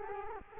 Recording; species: mosquito wingbeat signal from an infrared sensor; Culex quinquefasciatus